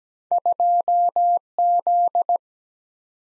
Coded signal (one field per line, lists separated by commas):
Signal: Morse code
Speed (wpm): 17 wpm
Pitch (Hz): 700 Hz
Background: none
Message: 2Z